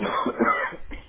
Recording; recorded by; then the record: voluntary cough; telephone call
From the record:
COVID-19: positive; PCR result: checked with the laboratory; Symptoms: no